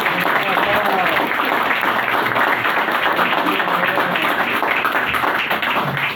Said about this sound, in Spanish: se merece un gran aplauso que esperemos que le demos nuevamente a Fabio en esta entrevista